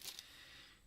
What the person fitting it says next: Cool. Right, perfect. They have now snapped into place.